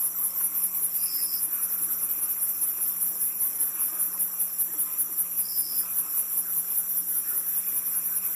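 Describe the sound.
Crickets chirping in a dense, steady high-pitched chorus with a fast pulsing rhythm, two brief brighter trills near one and five and a half seconds, over a faint low hum.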